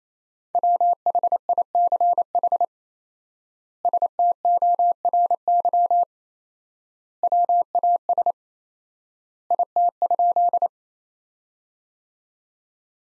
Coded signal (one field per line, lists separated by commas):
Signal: Morse code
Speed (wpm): 28 wpm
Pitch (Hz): 700 Hz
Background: none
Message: WHICH STORY WAS IT?